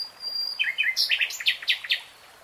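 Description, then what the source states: Nightingale song: a few lower notes, then a phrase of several rapid repeated higher notes. Recorded in real time.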